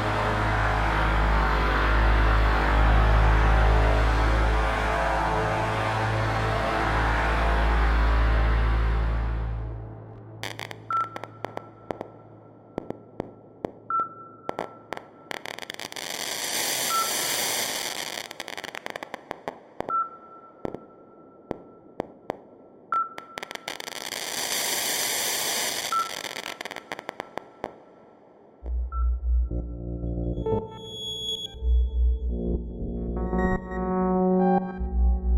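Algorithmically generated noise opens with a thick, dense roar and a heavy low rumble that cuts off near ten seconds. Sparse clicks and a recurring short tone follow, with two bright hissing swells, before low choppy pulses and scattered pitched blips close it.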